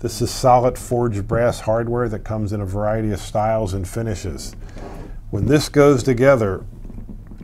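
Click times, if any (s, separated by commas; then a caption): none. Someone talks about a sliding patio door's solid forged brass lock hardware while handling it, and the lock hook has not yet been thrown into its keeper. Nothing has latched or clicked by the end of the clip.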